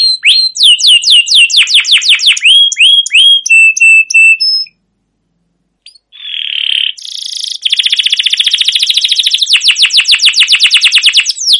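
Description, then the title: Canary singing fast chirping trills, then a brief pause, then a buzzy note and a long, steady rapid trill. Canary with a long, continuous rolling song in full voice, used as a lure to get other canaries singing. "CUIT CUIT NGEROL LANGSUNG GACOR PANJANG Kenari Ini AMPUH Utk Pancingan KENARI"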